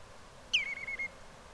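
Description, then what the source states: Bird giving a single whistled call, a sharp drop then a long level tone that holds for about half a second. A flock.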